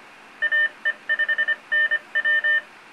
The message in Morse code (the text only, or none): AE5NW